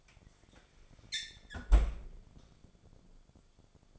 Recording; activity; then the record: daily activity, microphone in the room; close fridge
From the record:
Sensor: 5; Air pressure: 1004.8 hPa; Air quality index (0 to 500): 159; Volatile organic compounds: 3 ppm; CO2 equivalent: 1495 ppm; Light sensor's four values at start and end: 22/51/20/19 and 20/46/18/17